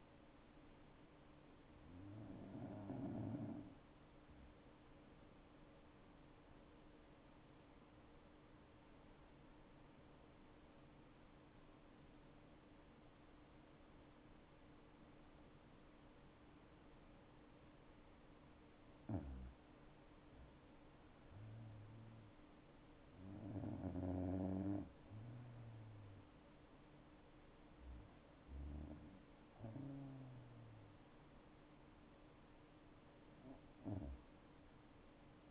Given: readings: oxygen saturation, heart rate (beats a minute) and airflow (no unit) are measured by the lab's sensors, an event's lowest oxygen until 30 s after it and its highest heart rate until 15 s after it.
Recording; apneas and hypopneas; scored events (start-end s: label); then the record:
breathing in sleep by a voice recorder at the bedside; 1
7.00-19.90 s: obstructive apnea (N2, oxygen 97% highest, then 92% lowest, heart rate 66 at the start, 71 highest)
From the record:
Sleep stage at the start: N2 (light sleep); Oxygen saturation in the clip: 92 to 97%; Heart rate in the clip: 58 to 71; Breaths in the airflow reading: 6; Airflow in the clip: -8.0 to 8.6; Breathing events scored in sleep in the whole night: 228 in 5.4 hours asleep